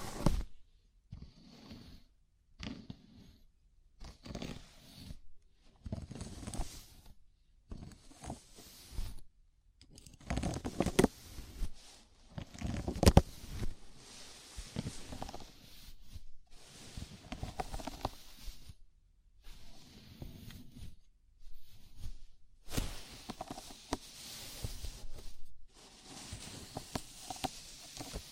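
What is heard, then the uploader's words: A scalp massage made of bursts of rustling, scratching friction as fingers work through hair. The rubbing comes in uneven strokes of a second or two, split by brief silent gaps. It grows denser and louder around the middle and again near the end. ASMR Sleepy Scalp Massage (No Talking).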